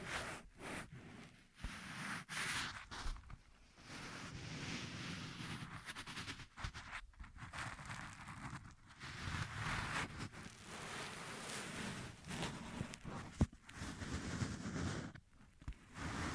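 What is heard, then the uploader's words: Ear massage sounds: dense, scratchy rubbing and friction that swells and eases in uneven strokes, broken by brief quiet gaps around 1.5, 7 and 15 seconds. A sharp tap stands out near 13 seconds, with soft low thumps under the bright rustling. ASMR 10 Ear Massages for Sleep (No Talking).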